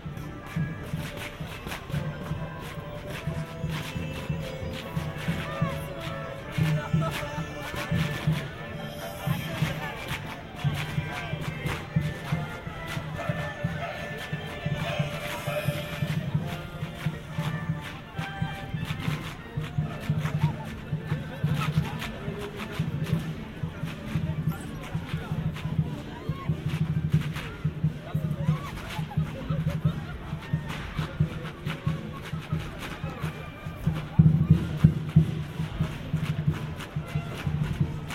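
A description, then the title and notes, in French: A Chinese New Year celebration in Paris, heard as a dense, steady wash of crowd voices and chatter. Low murmur fills the scene throughout with overlapping speech, scattered sharp clatters and bursts, and a louder swell near the end around 34 seconds. Petit reportage de la célébration du nouvel an chinois dans Paris.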